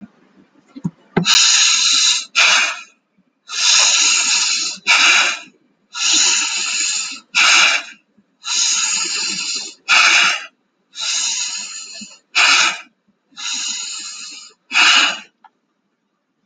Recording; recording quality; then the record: deep breathing; excellent, no background noise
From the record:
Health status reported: exposed to COVID-19, no respiratory illness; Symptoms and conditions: none ticked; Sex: male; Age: 44 years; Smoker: not ticked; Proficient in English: yes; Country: India